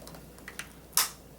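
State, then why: Seated. A plastic hose attachment of a Shark vacuum is lined up by its half-moon clips and pushed into the vacuum body with little pressure. A few faint light ticks come first, then a sharp, bright plastic click at 1.0 s shows the part seating firmly.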